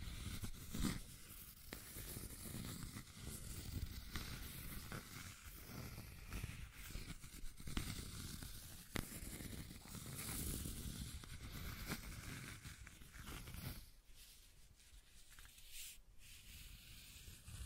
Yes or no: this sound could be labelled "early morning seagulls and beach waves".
no